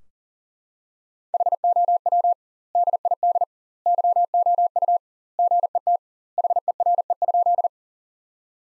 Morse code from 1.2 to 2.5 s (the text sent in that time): HOW